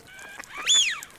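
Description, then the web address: Eurasian wigeon whistle: one loud note that sweeps up and falls away, preceded by softer lower tones, over a hissy background. Played from a duck decoy caller sound chip. "Свиязь Fischione. plurifon"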